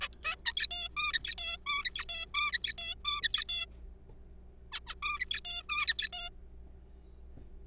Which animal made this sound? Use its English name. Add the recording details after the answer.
Zebra Finch. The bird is a juvenile. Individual R3428